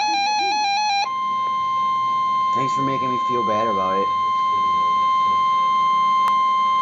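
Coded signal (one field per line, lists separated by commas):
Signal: Emergency Alert System (SAME) tones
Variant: 1050 Hz attention tone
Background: speech, music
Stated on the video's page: Real NOAA Weather Radio special marine warning.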